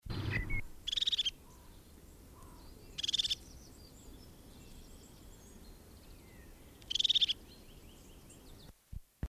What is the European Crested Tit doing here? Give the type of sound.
call